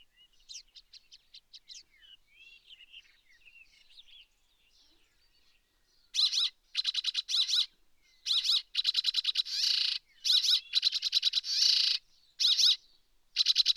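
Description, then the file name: Rock sparrow calls: several thin, high chirps at first, then loud harsh buzzy bursts, each made of rapid pulses, repeated in clusters with short pauses. Subspecies brevirostris; recorded at Erdenesant, Mongolia, on 23 May 2013. "crsparr-brevirostris-1-S mng erdenesant"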